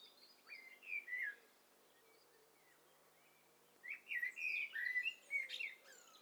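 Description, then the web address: Several birds singing over one another, with bright chirps and quick slurred whistles in two bursts separated by a quiet gap of about two and a half seconds. Hi-fi stereo overlapping mix of several birds from a bird cocktail party challenge test set. "Hi Fi STEREO BIRD COCKTAIL PARTY Challenge SBCP TESTSET HDBird Cocktail Party"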